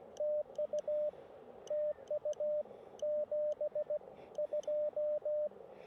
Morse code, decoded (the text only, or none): TU TU 72